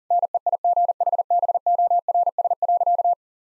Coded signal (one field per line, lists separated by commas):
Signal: Morse code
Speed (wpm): 40 wpm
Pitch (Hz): 700 Hz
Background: none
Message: NEIGHBORS.